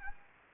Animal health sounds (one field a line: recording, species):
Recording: mosquito wingbeat signal from an infrared sensor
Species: Anopheles arabiensis